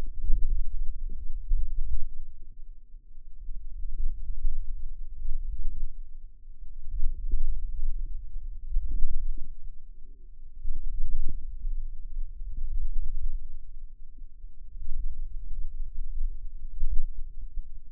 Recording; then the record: forearm muscle sounds (acoustic myography)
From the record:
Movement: wrist extension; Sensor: system 2, bracelet of six BSWA MPA416 microphones around the upper forearm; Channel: 3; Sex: female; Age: 22 years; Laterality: right